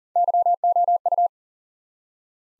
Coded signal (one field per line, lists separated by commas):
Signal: Morse code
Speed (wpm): 40 wpm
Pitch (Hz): 700 Hz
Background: none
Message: YOU